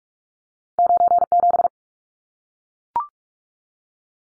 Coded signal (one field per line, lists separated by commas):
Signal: Morse code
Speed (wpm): 44 wpm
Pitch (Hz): 700 Hz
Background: none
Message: 97